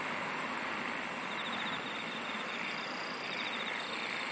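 Insects buzzing in a shrill chorus, long high bursts separated by short gaps over a continuous drone and faint pulsing trills.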